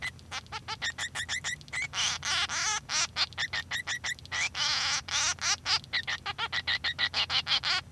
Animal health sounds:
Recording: song of a male Bengalese finch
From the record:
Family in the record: son of father 3

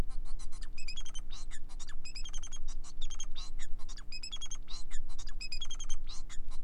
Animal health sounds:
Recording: song of a male Bengalese finch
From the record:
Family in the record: son of father 4

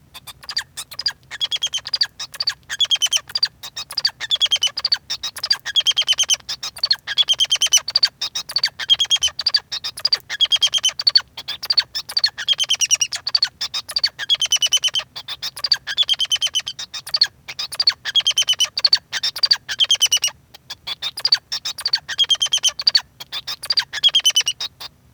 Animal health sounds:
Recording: song of a male Bengalese finch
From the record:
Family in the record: son of father 2

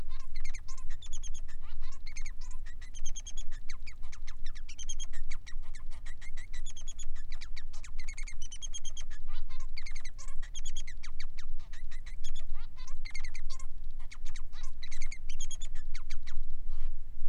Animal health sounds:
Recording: song of a male Bengalese finch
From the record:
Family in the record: son of father 3

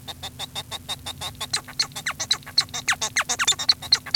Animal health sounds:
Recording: song of a male Bengalese finch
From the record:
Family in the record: son of father 1

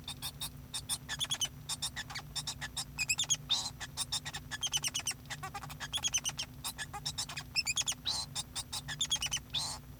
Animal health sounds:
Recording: song of a male Bengalese finch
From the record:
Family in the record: son of father 2

